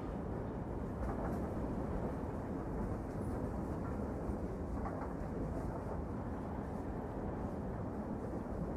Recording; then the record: background sound without coughing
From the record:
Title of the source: Train Ride Ambience ambient white noise for sleeping, focus, studying, reading